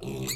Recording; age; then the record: pig call; weaner (32 to 43 days)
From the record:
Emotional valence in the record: negative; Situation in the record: short isolation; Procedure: open field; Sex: female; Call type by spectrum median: high-frequency call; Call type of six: mixed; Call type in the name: high-frequency modulated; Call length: 0.35 s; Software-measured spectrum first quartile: 289 Hz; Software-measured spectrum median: 2243 Hz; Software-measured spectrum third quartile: 6529 Hz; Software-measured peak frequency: 383 Hz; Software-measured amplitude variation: 116 dB a second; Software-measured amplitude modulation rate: 24.0 a second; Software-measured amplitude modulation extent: 4.8 dB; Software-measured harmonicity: 2.3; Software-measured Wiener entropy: -3.88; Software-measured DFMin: 1313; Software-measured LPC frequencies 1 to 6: 324, 2214, 4242, 6788, 7230, 7833 Hz